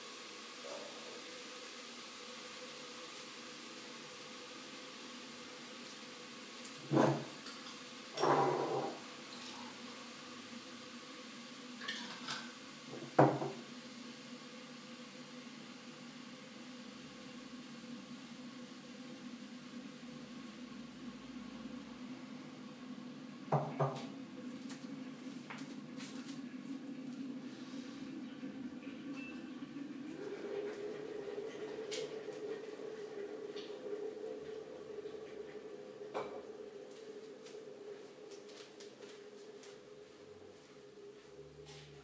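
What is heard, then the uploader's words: Dishes are being washed, with a steady hum or running water underneath that rises in pitch around thirty seconds. Sharp clinks of plates and pots land near seven, eight, thirteen and twenty-four seconds, with lighter taps scattered later. Sounds Of Dishwashing.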